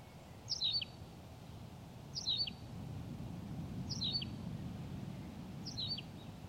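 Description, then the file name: Tawny pipit song, a crisp high two-part chirp repeated four times at even intervals of roughly one and a half seconds, with faint low rumble beneath. "Pipit rousseline Anthus campestris"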